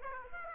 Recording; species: mosquito wingbeat signal from an infrared sensor; Aedes aegypti